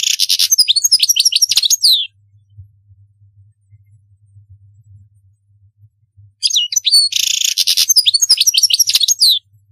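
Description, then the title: European goldfinch song in two bursts of bright, tumbling twitters separated by a four-second pause with a faint low hum, the second including a buzzy trill. "Chant Chardonneret"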